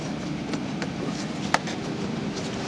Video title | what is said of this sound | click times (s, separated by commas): Citroen / Peugeot 1.6 HDI Oil & Filter Change | The pipe goes back in, locked into place. | 1.5 s